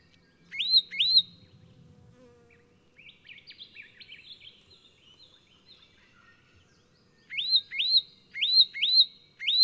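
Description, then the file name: Leaden flycatcher giving paired and grouped rising whistled notes, with a softer twittering passage in the middle and faint low background noise. "Myiagra Rubecula"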